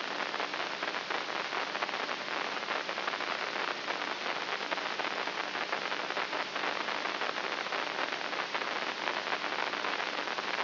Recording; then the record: brain microelectrode recording played as sound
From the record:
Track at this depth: inside the subthalamic nucleus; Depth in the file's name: 2.24 mm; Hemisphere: right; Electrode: 3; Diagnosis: Parkinson's disease